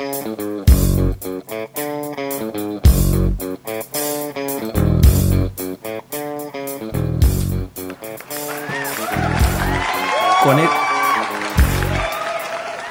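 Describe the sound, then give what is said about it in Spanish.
Background applause with rhythmic clapping under loud, chanting voices, opening the radio program Cerro a la Izquierda on Radio Voz de la Mujer 107.7, Concepción, Chile, on 20 January 2020, then a denser stretch of crowd noise with cheering and whistle-like cries toward the end. “Con esos aplausos de fondo que se escucha en nuestro día hijano, empezamos una nueva emisión de Cerro a la Izquierda con todo el ánimo en una nueva semana, ya 20 de enero del 2020,”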